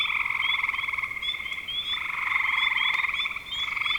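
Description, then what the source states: Frogs in a dense chorus of continuous pulsed trilling, with sharp rising chirps repeated several times over the top. Frogs calling in spring 2025.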